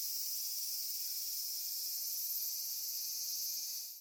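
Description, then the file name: Robust cicada droning: an unbroken, even, high-pitched hiss-like buzz lasting the whole time. Recorded in thickets. "hyalessa maculaticollis thickets"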